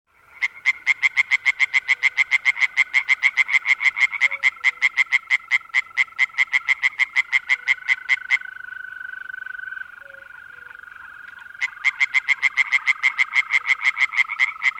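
European tree frog giving a long, steady train of quick, clacking pulses, then a lull of about three seconds and another fast series.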